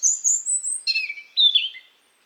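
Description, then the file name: European robin phrase opening with a thin, high, sustained whistle, then dropping into a brief jumble of quick, descending tinkling notes. "Erithacus rubecula"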